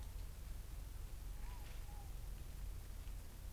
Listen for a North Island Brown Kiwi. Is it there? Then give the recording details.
no. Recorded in New Zealand on 24 November 2013. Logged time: 00:13. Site CF70